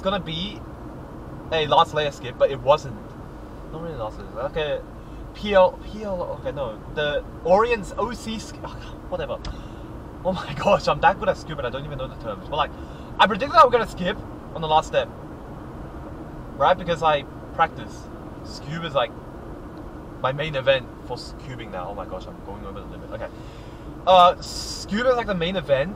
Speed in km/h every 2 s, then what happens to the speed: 65, 61, 56, 58, 59, 60, 61, 64, 65, 66, 62, 60, 60.
0-4 slows to 56. 4-15 speeds up to 65. 15-26 steady at about 62.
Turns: none.